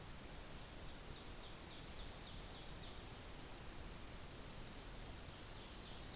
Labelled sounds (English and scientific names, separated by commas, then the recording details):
Ovenbird (Seiurus aurocapilla) song
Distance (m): 45 m
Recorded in boreal forest in Alberta, Canada, on 10 June 2016 at 08:19
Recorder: SongMeter 3, array SBT-3-39
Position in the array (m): 234 m, 147 m
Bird 17